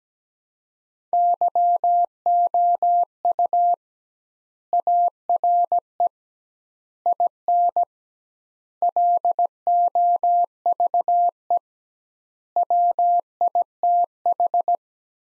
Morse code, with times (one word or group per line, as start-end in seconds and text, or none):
1.1-3.7 YOU
4.7-6.1 ARE
7.1-7.8 IN
8.8-11.6 LOVE
12.6-14.8 WITH